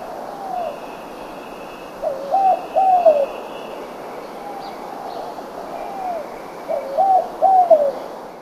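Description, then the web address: Spotted dove cooing, a soft low slurred note followed by a quick three-part coo, the phrase heard twice. North America. "Songs of Birds of North America. Spotted Dove"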